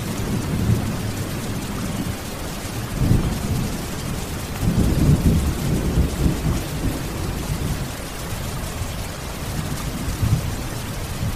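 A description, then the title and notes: Heavy rain pours down in a dense, steady hiss that fills the whole clip. Beneath it, a deep rumbling swells and rolls, strongest around three and five seconds, like thunder or wind-driven surges through the downpour. 1 Hour Heavy Rain Sounds: Immersive Deluge for Deep Relaxation. Intense rainfall.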